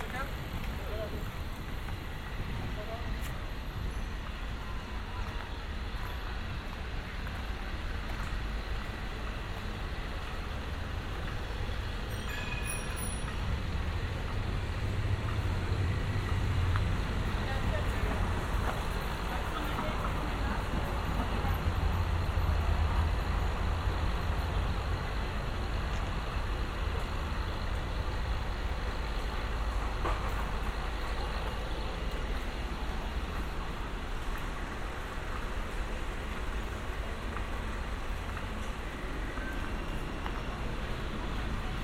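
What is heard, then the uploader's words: A binaural field recording made in Amsterdam, carrying a steady, dense wash of traffic with a deep rumble underneath. Vehicles swell past around the middle, especially near 15 and 22 seconds, while faint voices and scattered small clicks sit in the background throughout. A binaural field recording from this past June in Amsterdam.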